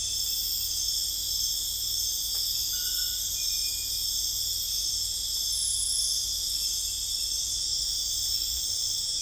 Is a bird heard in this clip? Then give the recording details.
no. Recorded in dense forest near Puerto Asís, Putumayo, Colombia, on 20 December 2024 at 23:00. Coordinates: 0.484, -76.325. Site G056